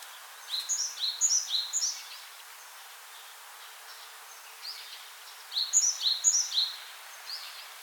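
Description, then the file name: Great tit song: two bursts of quick, repeated high two-note phrases, bright and see-sawing, with a quiet pause between them and a faint hiss behind. "Parus major"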